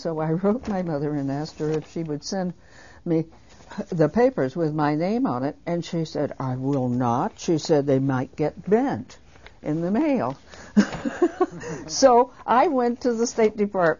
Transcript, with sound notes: So I wrote my mother and asked her if she would send me the papers with my name on it and she said, "I will not." She said they might get bent in the mail. [she laughs] So I went to the State Department